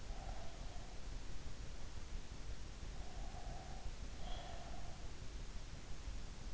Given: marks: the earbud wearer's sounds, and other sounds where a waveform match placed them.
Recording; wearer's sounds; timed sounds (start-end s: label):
sounds in sleep by an in-ear microphone; breath
0.05-1.17 s: breath
2.85-5.01 s: breath